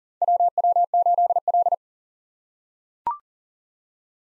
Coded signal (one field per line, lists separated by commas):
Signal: Morse code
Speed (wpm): 40 wpm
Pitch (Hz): 700 Hz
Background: none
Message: WW8L